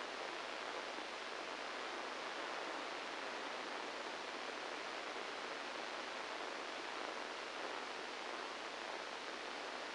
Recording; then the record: brain microelectrode recording played as sound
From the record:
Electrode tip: inside the subthalamic nucleus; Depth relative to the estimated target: -1 mm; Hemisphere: right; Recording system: NeuroSet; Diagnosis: Parkinson's disease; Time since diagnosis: 7 years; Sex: male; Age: 69 years